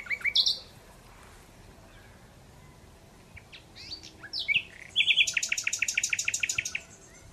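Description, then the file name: Common Nightingale singing: scattered sharp whistles and a short note, then a fast rhythmic rattle of loud repeated chirps lasting about two seconds. "Luscinia megarhynchos"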